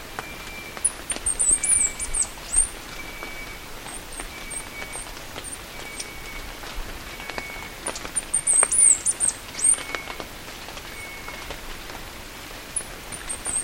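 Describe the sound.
Bird calls, high thin twittering notes in bursts, with a repeated faint level whistle lower down and a noisy background with clicks.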